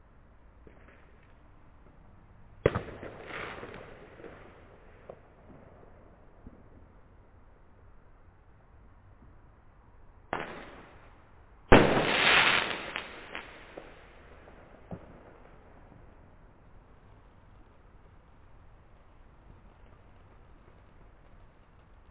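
Fireworks boom across a valley. Three sharp blasts land at about 3, 10 and 12 seconds, each trailing off in a rolling echo, and the last is the loudest and longest. Between them there is only a faint, steady hush of background.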